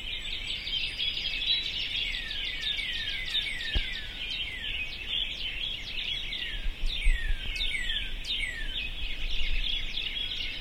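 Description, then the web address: Birds singing densely, several sharp descending whistles and quick chips standing out from the twittering mass, with occasional low bumps. "sounds djk sounds birds 0645 040905"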